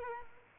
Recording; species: mosquito wingbeat signal from an infrared sensor; Culex quinquefasciatus